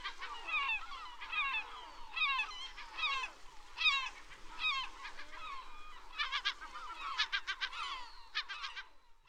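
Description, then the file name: Herring gull calls: loud, nasal yelps and laughing bursts in an irregular series. "Digiffects Sound Effects Library - Herring Gull Bird"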